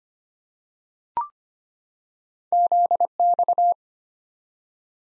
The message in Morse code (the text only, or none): ZX